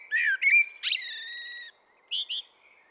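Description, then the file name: Common blackbird song phrase: a mellow fluted warble followed by a long buzzy, rasping note and a few quick high squeaks. "Turdus merula"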